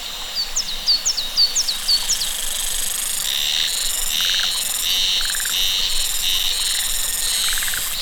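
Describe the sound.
Cicadas singing in short, pulsed, buzzy bursts after about three seconds. Bright chirping calls come first, and trilled calls from other animals are heard in the background.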